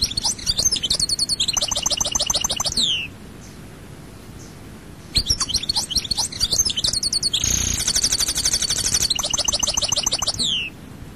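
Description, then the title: Goldfinch song in two energetic phrases of rapid tinkling trills, each closing with falling slurred notes, a brief silence between them. "Chant Chardonneret"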